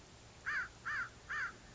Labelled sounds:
American Crow
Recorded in Sonoma County, California

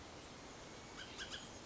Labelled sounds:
Bullock's Oriole
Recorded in Sonoma County, California

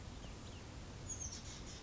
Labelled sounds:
Oak Titmouse
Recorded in Sonoma County, California

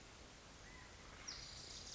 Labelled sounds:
California Quail
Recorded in Sonoma County, California

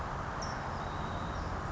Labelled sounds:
California Towhee
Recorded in Sonoma County, California

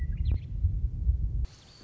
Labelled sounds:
Western Meadowlark
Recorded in Sonoma County, California

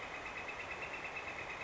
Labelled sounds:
Northern Flicker
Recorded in Sonoma County, California

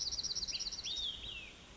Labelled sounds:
Olive-sided Flycatcher
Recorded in Sonoma County, California

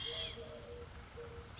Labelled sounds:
Eurasian Collared Dove
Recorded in Sonoma County, California

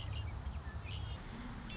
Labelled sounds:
Red-winged Blackbird
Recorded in Sonoma County, California

